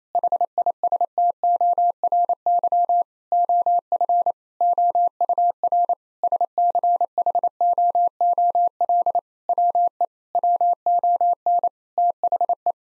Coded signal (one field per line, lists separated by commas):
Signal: Morse code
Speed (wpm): 28 wpm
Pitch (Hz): 700 Hz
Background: none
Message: HISTORY OF OUR SCHOOL WE WON THE